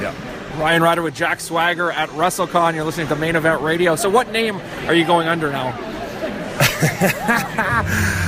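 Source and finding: Adult male interviewer. Typical speech.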